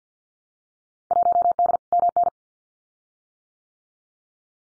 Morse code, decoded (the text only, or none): 1D MN